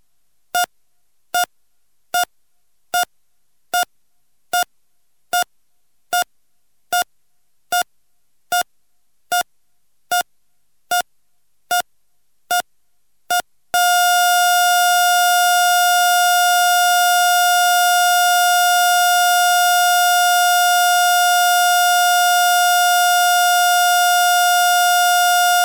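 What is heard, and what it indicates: Sixteen evenly spaced heart monitor beeps at about 75 a minute give way near 14 seconds to a continuous unbroken tone. This is the classic flatline alarm signalling asystole, here a sound effect.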